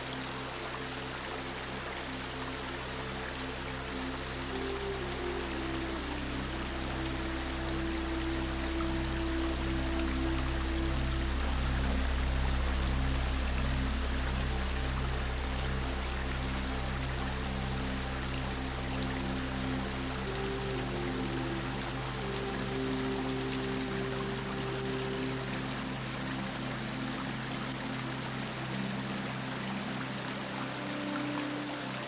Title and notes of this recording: SOOTHING MUSIC with the Sound of a RIVER's Current. The natural ripples of the water blend with soft melodies